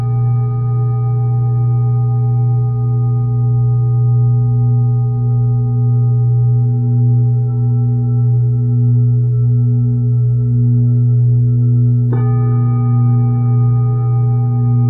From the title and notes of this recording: Reiki Healing | Tibetan Singing Bowls for Mental, Physical, Spiritual and Emotional Healing. The resonating sounds of the Tibetan singing bowls.